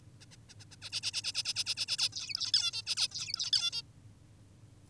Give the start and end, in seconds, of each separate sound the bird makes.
0.21-0.26, 0.31-0.36, 0.49-0.54, 0.60-0.65, 0.71-0.76, 0.82-0.90, 0.92-1.01, 1.03-1.12, 1.13-1.22, 1.24-1.32, 1.34-1.43, 1.45-1.54, 1.56-1.64, 1.66-1.75, 1.77-1.86, 1.88-1.97, 1.98-2.09, 2.12-2.52, 2.54-2.72, 2.73-2.82, 2.87-2.96, 2.97-3.08, 3.12-3.51, 3.53-3.71, 3.73-3.82